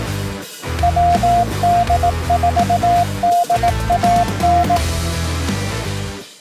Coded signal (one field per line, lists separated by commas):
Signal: Morse code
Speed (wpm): 18 wpm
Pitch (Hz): 700 Hz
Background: music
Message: WD4DAN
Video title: FCC notice of VIOLATION - KA2FPZ - 7.200 MHz